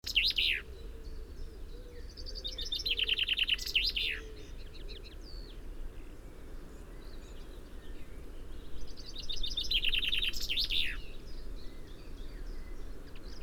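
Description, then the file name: Common chaffinch singing two full song phrases, each a run of bright notes ending in a sharp flourish, with low background rumble throughout. "Fringilla coelebs"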